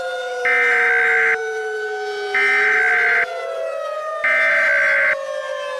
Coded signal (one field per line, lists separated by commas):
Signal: Emergency Alert System (SAME) tones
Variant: header bursts